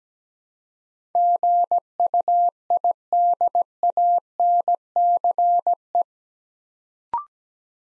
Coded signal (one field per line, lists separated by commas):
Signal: Morse code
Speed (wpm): 17 wpm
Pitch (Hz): 700 Hz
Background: none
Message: GUIDANCE